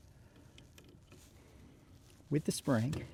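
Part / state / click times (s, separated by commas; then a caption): rudder tension cap into kayak rudder mount / not seated / none. A grooved rudder tension cap with a slot is lined up with the spring inside the rudder mount hole of a Native Watercraft Hammer kayak, to be inserted only part of the way and deliberately not until it clicks. Faint handling ticks sound around 0.6 to 1.1 s over low background noise, then someone talks near the end. Nothing has seated or clicked yet.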